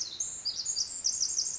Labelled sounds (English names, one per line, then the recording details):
Pacific Wren
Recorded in Sonoma County, California